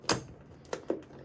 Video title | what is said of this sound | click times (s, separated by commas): How to install a floating shelf with 2 brackets | Oh yeah, I heard it open. | 0.1 s